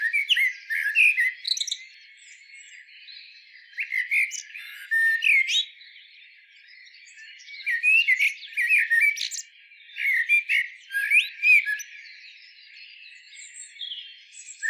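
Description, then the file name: Eurasian blackbird singing mellow, slurred whistled phrases that break into thin scratchy twittering, several phrases with brief gaps between them. "Turdus merula"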